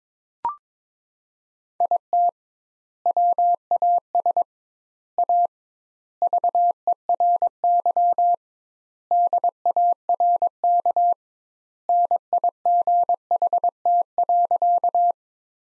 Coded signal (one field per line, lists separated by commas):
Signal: Morse code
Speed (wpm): 21 wpm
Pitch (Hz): 700 Hz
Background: none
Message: IT WAS A VERY DARK NIGHT.